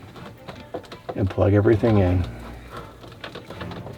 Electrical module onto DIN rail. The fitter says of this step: and now we'll just go ahead and snap this back onto the den Rail